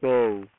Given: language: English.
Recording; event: throat vibration sensor signal played as sound; speech